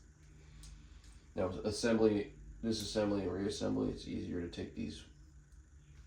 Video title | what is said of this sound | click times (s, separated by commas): GP Stribog SP9A3 Enhanced With AR Elftmann Trigger | Pop it out a little bit, and you hear it click, and just come out. | 0.6 s